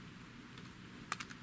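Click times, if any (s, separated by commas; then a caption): 1.1 s. A small metal split ring retaining clip is pressed onto the clutch spindle over the spacer while reassembling the slip-clutch of a 1990s RCA/GE/Thompson portable cassette player, part of a fix for clutch sticking and tape binding. After a quiet stretch, a sharp metallic click sounds at 1.1 s, followed by a second click at 1.2 s. The split ring snaps into place and is seated.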